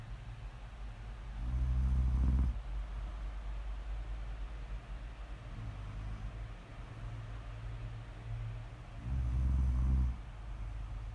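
Deep, rumbling snores swell loudly around two and ten seconds, with a softer snore near six seconds and quiet steady breathing between.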